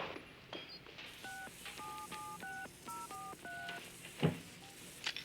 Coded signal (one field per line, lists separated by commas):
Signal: DTMF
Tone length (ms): 230 ms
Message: 6776043